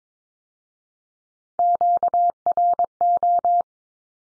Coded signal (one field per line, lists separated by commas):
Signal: Morse code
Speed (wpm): 22 wpm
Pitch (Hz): 700 Hz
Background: none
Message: QRO